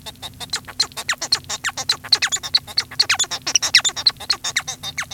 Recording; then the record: song of a male Bengalese finch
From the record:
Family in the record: son of father 1